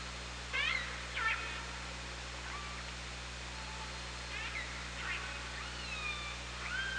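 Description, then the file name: Orca calls, a varied series of harmonic pulsed calls and rising tonal sweeps spread throughout over hiss and low hum. Recorded on the OrcaLab hydrophone, 24 August 2017 at 17:20. "Orca Lab UTLN 20170824 172058"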